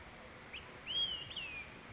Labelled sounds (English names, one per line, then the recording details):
Olive-sided Flycatcher
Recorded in Sonoma County, California